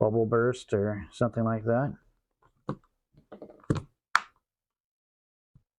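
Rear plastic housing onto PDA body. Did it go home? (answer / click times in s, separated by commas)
yes / 4.2 s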